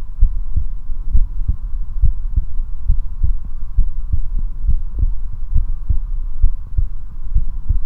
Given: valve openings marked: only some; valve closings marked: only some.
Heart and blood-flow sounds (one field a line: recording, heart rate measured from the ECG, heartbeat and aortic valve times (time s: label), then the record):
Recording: heart sounds by stethoscope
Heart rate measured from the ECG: 67 bpm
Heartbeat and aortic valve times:
0.24 s: heartbeat (ECG mark)
0.27 s: aortic valve opens (echo mark)
0.57 s: aortic valve closes (echo mark)
1.17 s: heartbeat (ECG mark)
1.21 s: aortic valve opens (echo mark)
1.49 s: aortic valve closes (echo mark)
2.05 s: heartbeat (ECG mark)
2.91 s: heartbeat (ECG mark)
2.95 s: aortic valve opens (echo mark)
3.25 s: aortic valve closes (echo mark)
3.80 s: heartbeat (ECG mark)
3.85 s: aortic valve opens (echo mark)
4.14 s: aortic valve closes (echo mark)
4.70 s: heartbeat (ECG mark)
4.75 s: aortic valve opens (echo mark)
5.04 s: aortic valve closes (echo mark)
5.57 s: heartbeat (ECG mark)
5.62 s: aortic valve opens (echo mark)
5.92 s: aortic valve closes (echo mark)
6.45 s: heartbeat (ECG mark)
6.50 s: aortic valve opens (echo mark)
6.79 s: aortic valve closes (echo mark)
7.38 s: heartbeat (ECG mark)
7.42 s: aortic valve opens (echo mark)
From the record:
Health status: healthy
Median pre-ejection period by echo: 43 ms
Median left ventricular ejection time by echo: 298 ms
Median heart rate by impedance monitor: 67 bpm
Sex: male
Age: 19 years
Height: 179 cm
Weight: 78 kg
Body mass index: 24.34